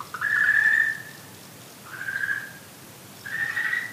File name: okinawaaogaeru